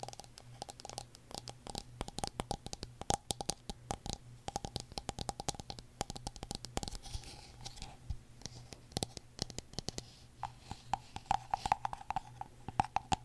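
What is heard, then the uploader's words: Tapping in quick, uneven bursts, with sharp crisp clicks landing several times a second across all thirteen seconds. The taps vary in loudness, a few standing out brighter. Underneath runs a steady low hum and a faint thin tone, with light scratchy rustling between strikes. ASMR Tapping For Sleep (No Talking).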